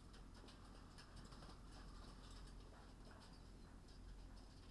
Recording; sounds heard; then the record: poultry house recording; sick chickens (respiratory disease)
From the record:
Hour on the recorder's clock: 19